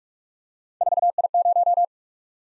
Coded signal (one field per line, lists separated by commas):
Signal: Morse code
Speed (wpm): 44 wpm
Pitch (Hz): 700 Hz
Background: none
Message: 4I0